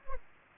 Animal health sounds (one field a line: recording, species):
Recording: mosquito wingbeat signal from an infrared sensor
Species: Culex pipiens